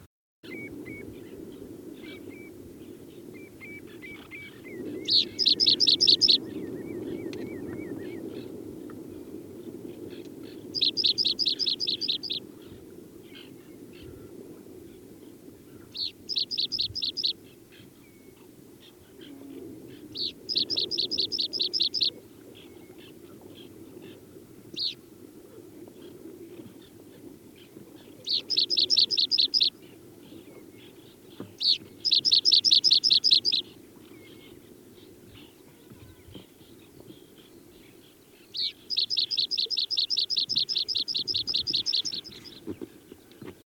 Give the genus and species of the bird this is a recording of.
Anthus richardi